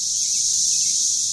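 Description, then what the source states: Periodical cicada chorus: an intense, steady, high-pitched whirring hiss that holds level throughout the short excerpt. Backyard under trees, Franklin, Tennessee, 30 May 2011; 13-year cicada outburst; chorus pulses every 5–6 seconds, 90–99 dB, starts early morning, fully loud by late morning depending on heat, until 7–8 pm.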